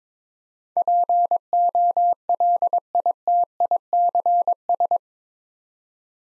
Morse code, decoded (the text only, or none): POLITICS